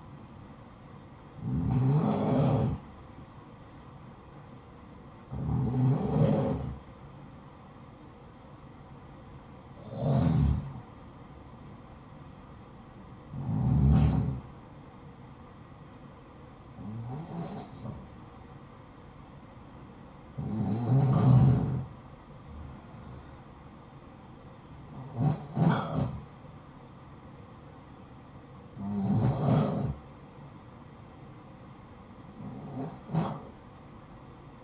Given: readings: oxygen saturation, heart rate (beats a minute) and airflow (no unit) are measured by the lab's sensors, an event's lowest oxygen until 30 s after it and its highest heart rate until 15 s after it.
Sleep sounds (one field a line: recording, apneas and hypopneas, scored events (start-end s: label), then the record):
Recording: breathing in sleep by a smartphone at the bedside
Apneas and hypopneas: none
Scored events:
none scored
From the record:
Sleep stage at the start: REM sleep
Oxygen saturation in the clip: 80 to 94%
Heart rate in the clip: 59 to 63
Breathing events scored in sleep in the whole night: 573 in 9.8 hours asleep